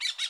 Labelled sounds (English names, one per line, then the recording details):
Brown-throated Parakeet contact call
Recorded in Bonaire
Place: 1 km N of power plant, rd to Republiek
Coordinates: 12.184, -68.285